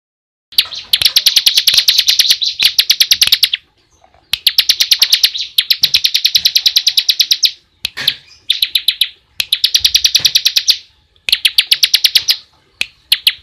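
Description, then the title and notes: Bar-winged prinia singing long, rapid buzzy trills of dry ticking notes, in bursts of one to a few seconds separated by brief pauses. Ngebren song style, used as a tutor recording for training caged white-rumped shamas. "Ciblek Ngebren Untuk Masteran Murai Batu. Suara burung ciblek"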